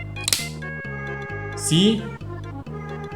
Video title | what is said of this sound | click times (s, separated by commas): Reviewing [EP36] - P47 Headphones (720p, 2:1 Ratio) | And you're probably going to hear a really nice click when you fold this thing out of misery. | 0.3 s